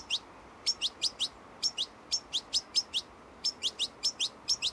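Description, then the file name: European goldfinch calls, bright tinkling notes in quick pairs and triplets, repeated in short bursts with brief pauses between groups. "Carduelis carduelis"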